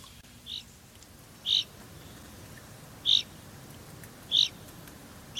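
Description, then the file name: Common chaffinch calling with several brief high clipped notes, spaced about one to one and a half seconds apart, against quiet low background noise. "Fringilla coelebs"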